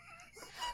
Really awkward gurgling noises instead of burping.